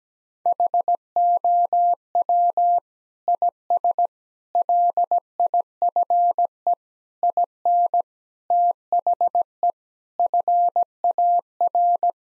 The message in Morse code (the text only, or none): HOW IS LIFE IN THE FAR